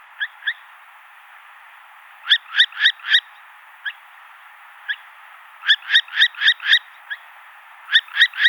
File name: hawk owl